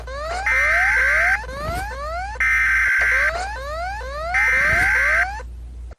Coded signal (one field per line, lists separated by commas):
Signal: Emergency Alert System (SAME) tones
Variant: header bursts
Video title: EAS Alarms of the World